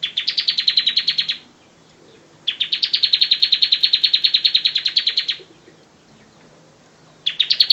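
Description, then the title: Prinia giving repeated trilled phrases of rapid high chipping notes, three bursts separated by pauses of about a second or more. "Ciblek Sawah"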